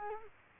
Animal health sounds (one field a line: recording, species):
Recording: mosquito wingbeat signal from an infrared sensor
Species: Culex quinquefasciatus